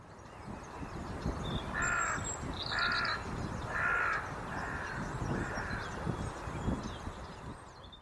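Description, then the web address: Bird calls: five harsh, nasal caw-like notes about one per second, the last two weaker, with faint higher chirps above and a steady low rumble beneath. "cianscape. Deverinetal 2025. Bird Only"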